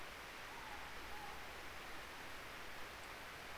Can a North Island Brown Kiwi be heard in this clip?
no